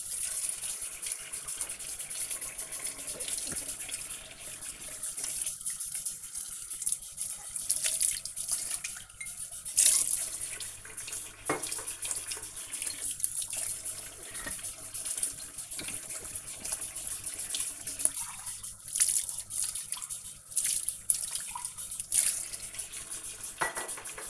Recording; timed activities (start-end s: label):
household activities, microphone on the right wrist
0.00-24.30 s: washing dishes